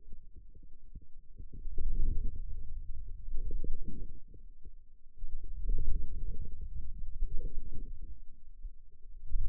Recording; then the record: forearm muscle sounds (acoustic myography)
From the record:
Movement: radial deviation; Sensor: system 2, bracelet of six BSWA MPA416 microphones around the upper forearm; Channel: 2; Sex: male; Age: 22 years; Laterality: right